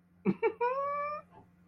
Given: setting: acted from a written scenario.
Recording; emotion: vocal sound without words; elation